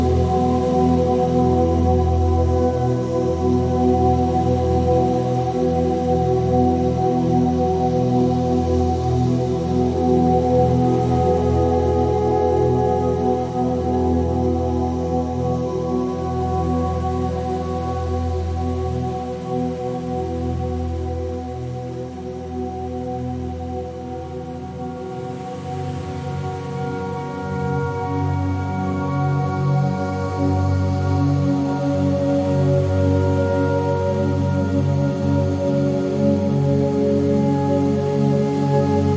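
Slow, droning music made of layered sustained tones, tuned to 432Hz, sits mostly in the low and middle range and holds a steady, full level throughout. Around the twenty-second mark it briefly thins and softens before swelling back, with a faint soft hiss underneath.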